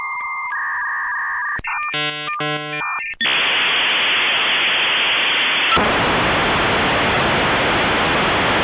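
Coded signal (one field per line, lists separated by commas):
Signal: dial-up modem handshake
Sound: tones and warbling bursts, a click, then loud broadband hiss that brightens midway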